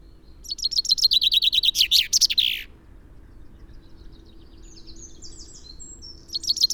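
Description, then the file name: Common chaffinch song, a rattling run of repeated high notes ending in a flourish, followed by faint thin notes and the start of another phrase. "Fringilla coelebs"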